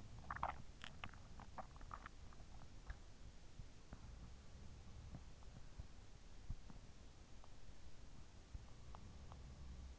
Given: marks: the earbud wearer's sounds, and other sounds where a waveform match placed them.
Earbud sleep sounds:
sounds in sleep by an in-ear microphone; swallowing
0.00-3.17 s: swallowing
3.88-5.40 s: sound from someone else or the room

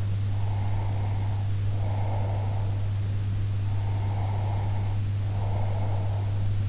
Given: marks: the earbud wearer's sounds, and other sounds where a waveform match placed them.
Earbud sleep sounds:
sounds in sleep by an in-ear microphone; breath
0.29-2.92 s: breath
3.61-6.47 s: breath

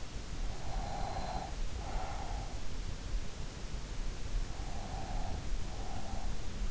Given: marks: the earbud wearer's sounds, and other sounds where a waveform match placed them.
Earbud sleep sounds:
sounds in sleep by an in-ear microphone; breath
0.45-2.82 s: breath
4.39-6.70 s: breath

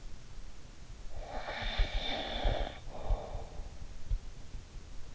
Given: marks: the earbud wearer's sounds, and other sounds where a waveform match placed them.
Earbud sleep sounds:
sounds in sleep by an in-ear microphone; snoring breath
1.00-3.83 s: snoring breath

